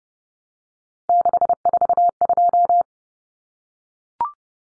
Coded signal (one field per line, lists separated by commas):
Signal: Morse code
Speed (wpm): 30 wpm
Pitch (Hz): 700 Hz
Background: none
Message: 642